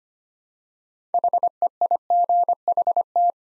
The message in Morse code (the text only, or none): HEIGHT